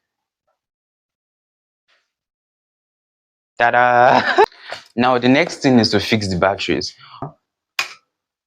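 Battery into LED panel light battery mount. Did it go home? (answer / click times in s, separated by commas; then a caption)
yes / 7.8 s. After about 3.6 seconds of near silence, someone talks while fitting a battery onto the battery mount on the back of a Pro LED 600 LED panel video light. At 7.8 s a single short, sharp click is heard as the battery seats in the mount, and the seating is confirmed.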